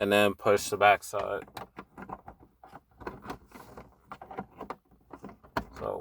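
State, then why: Seated. Someone talks while a plastic map light lens is put back into the overhead console housing of a Dodge Nitro/Jeep Liberty after the map light bulb is replaced: the front edge goes in first, then the back side is pushed in. A sharp click at 5.6 s marks the lens snapping into place, seated in the housing.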